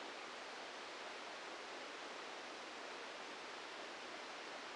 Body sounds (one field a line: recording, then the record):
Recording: brain microelectrode recording played as sound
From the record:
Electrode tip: inside the subthalamic nucleus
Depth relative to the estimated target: 1 mm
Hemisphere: left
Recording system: NeuroSet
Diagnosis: Parkinson's disease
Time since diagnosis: 14 years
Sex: male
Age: 51 years